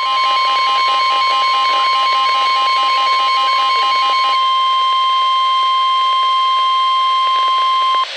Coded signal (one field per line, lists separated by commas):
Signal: Emergency Alert System (SAME) tones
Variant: 1050 Hz attention tone